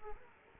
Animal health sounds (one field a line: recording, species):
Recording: mosquito wingbeat signal from an infrared sensor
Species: Aedes aegypti